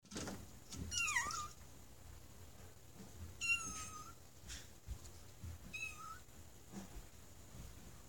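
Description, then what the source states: Domestic cat meows, three high thin kitten mews, the first wavering and falling, with faint clicks and a low hum behind. Kittens encountered during onsite IT work.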